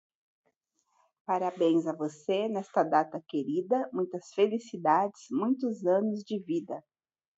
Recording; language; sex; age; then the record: short text; Brazilian Portuguese; female; 40 to 49 years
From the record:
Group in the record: control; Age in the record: 47 years